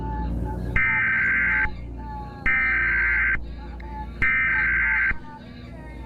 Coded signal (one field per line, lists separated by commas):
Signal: Emergency Alert System (SAME) tones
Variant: header bursts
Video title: EAS Scenario | The Skynet dorminoters / odors (MOCK) 8/9/1997 8.43